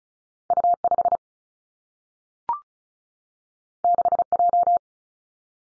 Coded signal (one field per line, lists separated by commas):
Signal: Morse code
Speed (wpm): 36 wpm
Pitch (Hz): 700 Hz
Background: none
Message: U 5 6 J